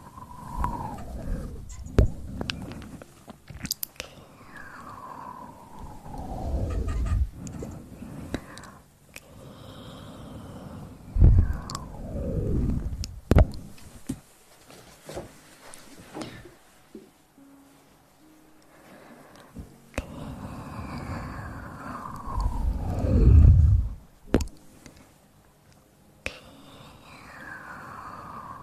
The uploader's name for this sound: Sounds close to the mouth!